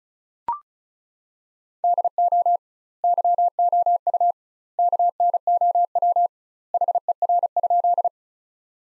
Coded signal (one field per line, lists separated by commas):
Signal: Morse code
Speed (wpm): 35 wpm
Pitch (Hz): 700 Hz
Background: none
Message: DO YOU KNOW HER?